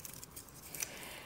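A 3D-printed plastic sphere is pressed into its ring in a snap-in-place gyro cube, with faint ticks early on. Two short, sharp plastic clicks follow in quick succession at about 0.8 s, and the sphere snaps into place, seated.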